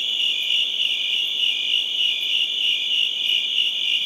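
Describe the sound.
Cricket: a short stretch of crickets chirping, a bright high trill with a rapid, regular pulse and no pauses.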